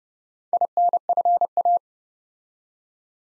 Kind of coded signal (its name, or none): Morse code